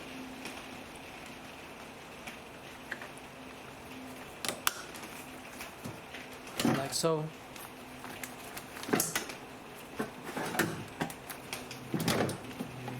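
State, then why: Not seated. A door lock solenoid part for the passenger-side door lock assembly of a 2009 Nissan Note, removed because it was noisy, is handled and pushed toward its mount inside the passenger door. Someone talks briefly while scattered short knocks and rattles of handling are heard. Nothing has seated or clicked into place yet.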